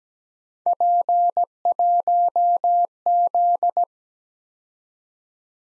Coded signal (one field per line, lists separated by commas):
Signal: Morse code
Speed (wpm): 20 wpm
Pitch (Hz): 700 Hz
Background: none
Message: P1Z